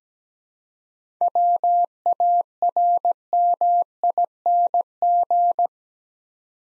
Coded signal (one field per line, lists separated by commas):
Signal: Morse code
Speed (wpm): 17 wpm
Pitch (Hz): 700 Hz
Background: none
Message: WARMING